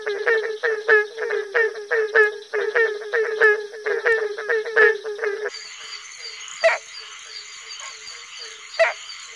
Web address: Frog Calls Hyla gratiosa - Barking Treefrog